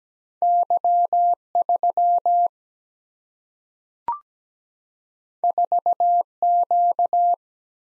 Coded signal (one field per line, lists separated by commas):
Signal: Morse code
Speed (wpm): 17 wpm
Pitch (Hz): 700 Hz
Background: none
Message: Y 3 4 Q